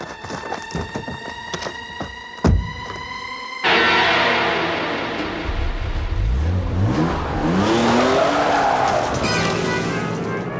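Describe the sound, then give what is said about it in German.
A car engine roars to life and revs hard, tires squealing as it speeds away with someone fleeing in it, the whining pitch rising and falling through the loud getaway. No one speaks. “Halt ihn auf, bevor er beim Auto ist!”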